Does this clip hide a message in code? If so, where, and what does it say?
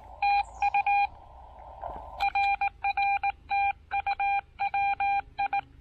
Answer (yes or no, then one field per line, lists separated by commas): yes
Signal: Morse code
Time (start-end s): 0.2-5.6 s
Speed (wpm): 18 wpm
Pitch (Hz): 800 Hz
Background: none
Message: TU RR TU WI